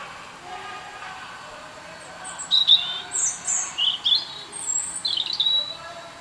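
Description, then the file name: European robin song: a phrase of high, thin whistles and quick trilled notes, shifting up and down in pitch over about four seconds, over faint hiss. "Erithacus rubecula"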